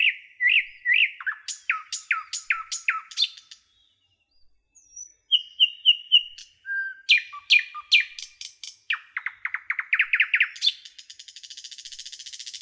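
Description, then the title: Nightingale song of loud repeated chirps, a pause, then quick rattling trills and a rapid throbbing series, ending in a hissing buzz. "A Beautiful Nightingale Song"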